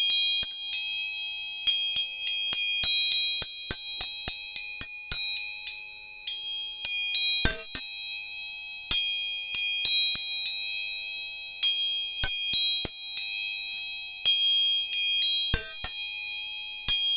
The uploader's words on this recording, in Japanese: 音叉チューニング。